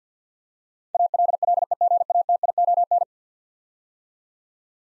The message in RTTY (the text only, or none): none